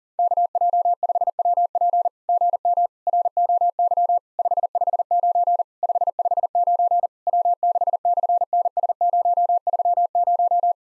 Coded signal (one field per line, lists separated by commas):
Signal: Morse code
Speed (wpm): 40 wpm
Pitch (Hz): 700 Hz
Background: none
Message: KJ5WP GM ROY 559 559 W6/NS030